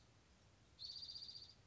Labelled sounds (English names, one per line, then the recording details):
Spotted Towhee
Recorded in Sonoma County, California